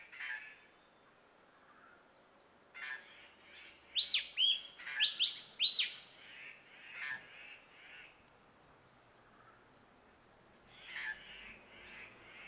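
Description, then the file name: Javan green magpie giving a run of loud, rising whistled notes in the middle, framed by scratchy, chattering calls before and after. "suara burung cissa thalassina ekek keling"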